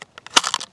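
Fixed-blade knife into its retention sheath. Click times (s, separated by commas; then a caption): 0.4 s. A large fixed-blade knife, the Work Tuff Gear Carnivore, is pushed into its molded retention sheath. A few faint scrapes lead up to a sharp, loud click at 0.4 s as the knife snaps home. Softer rattling ticks follow, and the knife sits seated in the sheath.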